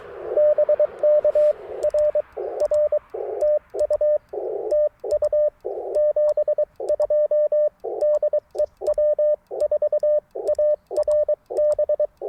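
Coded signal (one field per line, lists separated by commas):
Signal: Morse code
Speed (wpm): 23 wpm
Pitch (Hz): 590 Hz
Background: radio noise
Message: BK R R TU TU 72 DE W4ARB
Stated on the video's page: QRP CW Parks on the Air activation, Icom IC-705 with random wire antenna and tuner, sent with paddles.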